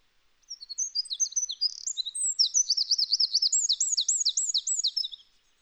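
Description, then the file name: Eurasian wren song: a loud, rapid run of high notes, shrill warbled phrases giving way to fast repeated looping trills, lasting about five seconds, with no other sounds. "Troglodytes troglodytes"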